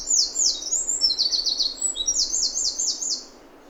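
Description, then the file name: Eurasian wren calling in loud, shrill, rapid trills, sharp notes repeated in quick bursts one after another for over three seconds, little else audible. "Troglodytes troglodytes"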